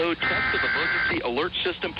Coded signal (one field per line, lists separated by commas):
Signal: Emergency Alert System (SAME) tones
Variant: header bursts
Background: speech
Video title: EAS Mock: Cartoon Network 2011 National Test